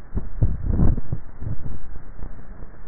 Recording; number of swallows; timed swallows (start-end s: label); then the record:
swallowing sounds by neck microphone; 1
0.28-1.12 s: swallow
From the record:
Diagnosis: dysphagia